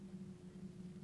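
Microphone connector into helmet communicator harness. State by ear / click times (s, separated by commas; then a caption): not seated / none. A boom/button mic connector (plastic plug) on a Sena Smart HJC 20B Bluetooth communicator is slid onto the unit's helmet harness connector, with a steady low hum and faint handling noise throughout. The connector has not clicked or seated yet.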